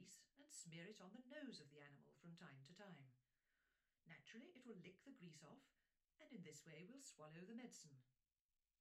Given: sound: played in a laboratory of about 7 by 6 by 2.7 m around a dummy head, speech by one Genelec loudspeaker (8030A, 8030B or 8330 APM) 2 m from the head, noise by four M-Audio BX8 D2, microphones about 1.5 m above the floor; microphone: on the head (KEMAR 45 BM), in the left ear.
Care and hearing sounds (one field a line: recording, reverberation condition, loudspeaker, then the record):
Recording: female speech in English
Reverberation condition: low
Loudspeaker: behind (180 degrees)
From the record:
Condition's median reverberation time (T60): about 310 ms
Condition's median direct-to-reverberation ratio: about 3.5 dB